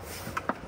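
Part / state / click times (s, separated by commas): carbon fiber seat back panel into car seat frame locks / seated / 0.4 s, 0.5 s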